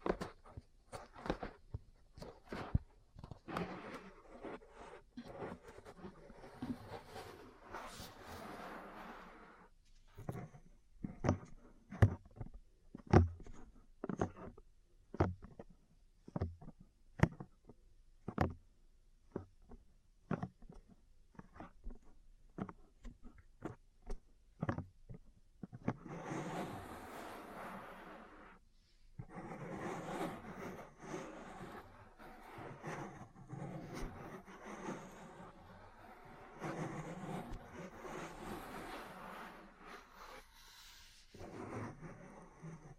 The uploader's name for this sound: Ear Cleaning, Massage, Cupping, Tapping